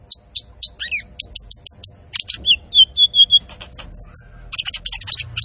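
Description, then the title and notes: Van Hasselt's sunbird gives spaced high chips, a falling whistle, a few level piping notes, then busy twittering. Constantly singing (gacor) bird with full fill-ins (isian) and shots (tembakan), used to train cage birds and as a lure (pancingan). "MASTERAN KOLIBRI NINJA TERBAIK FULL ISIAN DAN TEMBAKAN MEWAH COCOK BUAT PANCINGAN. Suara Burung Kolibri Ninja Gacor"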